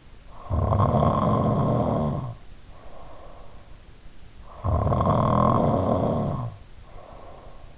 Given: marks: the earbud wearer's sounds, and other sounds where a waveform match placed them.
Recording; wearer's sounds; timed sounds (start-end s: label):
sounds in sleep by an in-ear microphone; snoring breath
0.24-3.84 s: snoring breath
4.52-7.78 s: snoring breath